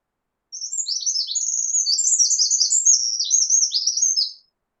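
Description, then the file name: Eurasian wren song: a loud, rapid outpouring of high, sharp notes and fast rattling trills lasting about four seconds, with no other sounds. "Troglodytes troglodytes"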